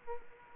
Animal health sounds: mosquito wingbeat signal from an infrared sensor; Aedes aegypti

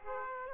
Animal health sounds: mosquito wingbeat signal from an infrared sensor; Aedes aegypti

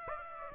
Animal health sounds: mosquito wingbeat signal from an infrared sensor; Aedes aegypti

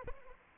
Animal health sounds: mosquito wingbeat signal from an infrared sensor; Anopheles arabiensis

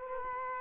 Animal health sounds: mosquito wingbeat signal from an infrared sensor; Culex quinquefasciatus

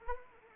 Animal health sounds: mosquito wingbeat signal from an infrared sensor; Anopheles arabiensis

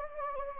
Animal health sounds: mosquito wingbeat signal from an infrared sensor; Anopheles gambiae

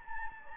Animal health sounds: mosquito wingbeat signal from an infrared sensor; Anopheles gambiae

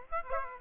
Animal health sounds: mosquito wingbeat signal from an infrared sensor; Aedes aegypti

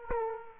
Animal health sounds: mosquito wingbeat signal from an infrared sensor; Aedes aegypti

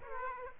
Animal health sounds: mosquito wingbeat signal from an infrared sensor; Aedes aegypti

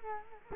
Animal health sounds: mosquito wingbeat signal from an infrared sensor; Culex quinquefasciatus

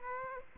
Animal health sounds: mosquito wingbeat signal from an infrared sensor; Aedes aegypti

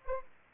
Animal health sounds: mosquito wingbeat signal from an infrared sensor; Anopheles arabiensis

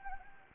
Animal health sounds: mosquito wingbeat signal from an infrared sensor; Anopheles gambiae

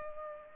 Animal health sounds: mosquito wingbeat signal from an infrared sensor; Culex pipiens

